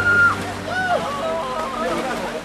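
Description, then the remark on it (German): People in costumes slide one after another into the Neisse river from the German bank near a footbridge crowded with onlookers. The water sloshes and splashes steadily for a couple of seconds while faint voices call out in the background. “Nach und nach gleiten die Kostümierten ins Wasser.”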